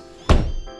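The folded rear seat bottom of a 2015-2020 Ford F-150 pickup, fitted with a rear seat release kit, is slammed down so it latches into the seat frame catch, since it needs a slam to lock. A sharp, heavy thunk lands at 0.3 s and rings down over the next few tenths of a second. The seat bottom locks into its latch.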